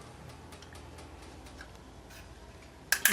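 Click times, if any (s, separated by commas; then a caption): 2.9 s, 3.1 s. A hard drive in its tray is pushed into a server drive bay, with faint ticking and rustling over a low hum before the drive caddy latch snaps shut with two sharp clicks at 2.9 and 3.1 seconds. The drive is seated.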